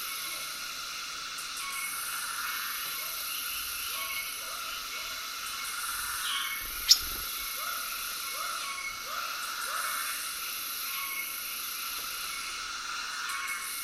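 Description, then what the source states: Cicadas in a dense, high buzzing chorus, with soft repeated frog croaks below and one sharp click midway. Tropical soundscape with cicadas and frogs calling together.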